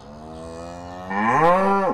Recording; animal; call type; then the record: contact call of a hoofed animal; cattle; low-frequency (closed-mouth) or high-frequency (open-mouth) call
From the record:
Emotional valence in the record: positive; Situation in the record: visual reunion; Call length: 1.94 s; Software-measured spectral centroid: 1350 Hz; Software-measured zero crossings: 1640 a second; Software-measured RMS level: -22 dBFS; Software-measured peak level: -6 dBFS